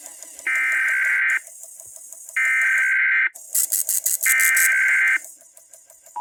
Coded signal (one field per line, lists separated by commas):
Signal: Emergency Alert System (SAME) tones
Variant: header bursts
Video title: NATIONAL EAS TEST 2023! Broadcast Radio/TV EAS: National Periodic Test (10/4/23)